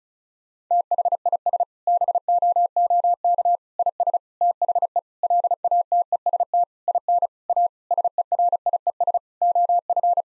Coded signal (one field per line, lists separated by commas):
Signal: Morse code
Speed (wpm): 36 wpm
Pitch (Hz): 700 Hz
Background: none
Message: THIS BOOK IS THE LATEST IN A SERIES OF